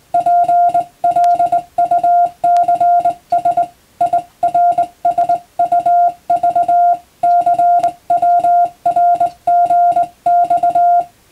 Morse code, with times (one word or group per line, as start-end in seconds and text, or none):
0.1-3.6 PLUCS
4.0-6.9 IRSUV
7.2-11.0 CWRGX